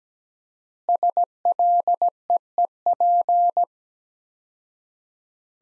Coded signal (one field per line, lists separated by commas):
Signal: Morse code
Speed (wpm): 17 wpm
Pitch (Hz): 700 Hz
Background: none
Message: SLEEP